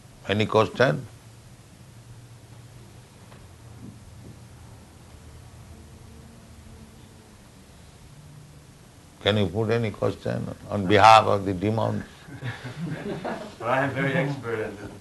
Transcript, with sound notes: Any question? Can you put any question on behalf of the demons? [laughter]
Well, I am very expert at